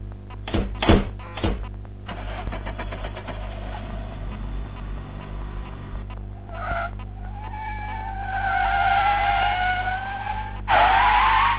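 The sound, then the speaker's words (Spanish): Car tires screech in long, wavering squeals over a steady engine rumble, growing louder toward the end after a few sharp thuds at the start, as the car spins donuts in tight circles in the middle of the street. “Pero nos siguen 6 patrulleros y un helicóptero, no va para andar haciendo trompos en la mitad de la calle.”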